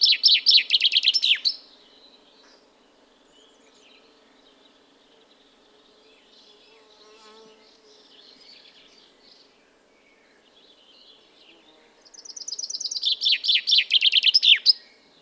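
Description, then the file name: Common chaffinch sings twice, about twelve seconds apart, the first song cut off at its start; each is a rattling run of high notes tumbling downward to a terminal flourish, with a faint, quiet background between. "Fringilla coelebs"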